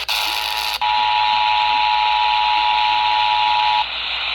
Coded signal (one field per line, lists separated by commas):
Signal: Emergency Alert System (SAME) tones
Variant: 853 and 960 Hz attention tone